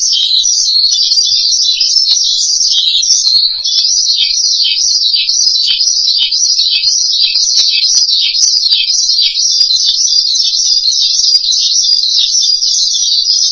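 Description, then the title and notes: Starling song, sustained dense high chattering with rhythmic dips in pitch, continuing almost unbroken. "suara burung jalak"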